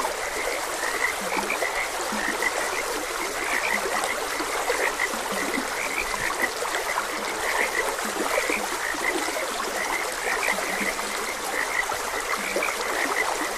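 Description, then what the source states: Frogs calling with quick repeated croaks over a steady flow of stream water. Frogs croaking beside a gentle stream.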